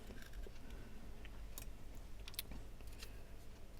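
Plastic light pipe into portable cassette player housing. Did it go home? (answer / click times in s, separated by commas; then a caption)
yes / 2.4 s. A small plastic light pipe, oriented by a little bump on one side, is pushed into its slot in the housing of a Sony Walkman WM-FX373 portable cassette player during a drive belt change. Faint ticks and light plastic clicks come first, then a sharp snap at 2.4 s as the light pipe seats and locks into place.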